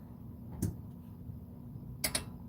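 A torque wrench tightens the bottom bolt on a lower brake caliper, set to 35 Nm. A soft low knock sounds at about 0.6 s, then the wrench gives a sharp click at 2.1 s, followed by a quieter tick just after. The bolt reaches the 35 Nm setting, confirmed.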